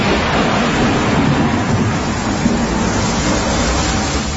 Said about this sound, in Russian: Гроза гремела, блистала и бурлила за окнами полуподвала.